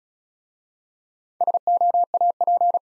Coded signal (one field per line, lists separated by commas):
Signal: Morse code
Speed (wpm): 36 wpm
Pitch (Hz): 700 Hz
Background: none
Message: SOAP